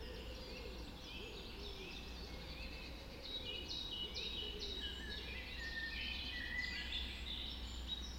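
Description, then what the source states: Birds: dawn chorus with many songbirds trilling and whistling over each other, and a low repeated cooing phrase below, against a constant low hum. Dawn chorus recorded just after dawn in the Forest of Dean.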